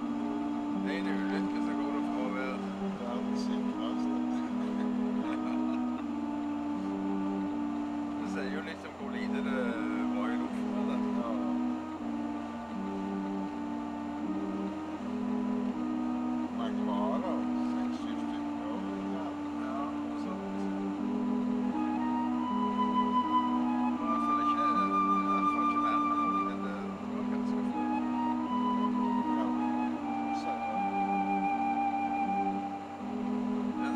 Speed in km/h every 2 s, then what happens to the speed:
79, 77, 77, 77, 77, 77, 77, 77, 77, 78, 79, 79, 80, 81, 82, 81, 82.
0-34 steady at about 78.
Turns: none.